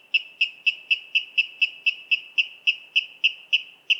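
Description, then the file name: Water rail repeating hard, metallic kip notes about four times a second in a steady, unbroken rhythm. "Waterral Rallus aquaticus"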